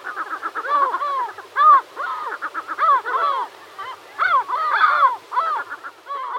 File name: Hohotunya Larus cachinnans